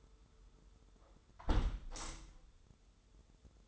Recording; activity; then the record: daily activity, microphone in the room; close window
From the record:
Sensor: 3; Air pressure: 995.7 hPa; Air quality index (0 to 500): 93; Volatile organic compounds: 11 ppm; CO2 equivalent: 2297 ppm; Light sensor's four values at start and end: 27/82/34/30 and 27/82/34/30